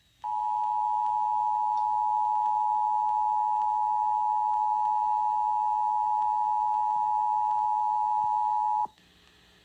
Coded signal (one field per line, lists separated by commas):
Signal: Emergency Alert System (SAME) tones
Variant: 853 and 960 Hz attention tone